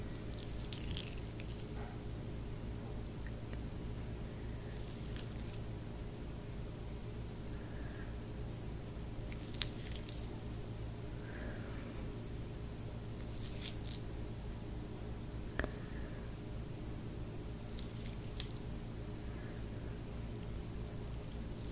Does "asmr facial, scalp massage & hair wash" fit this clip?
yes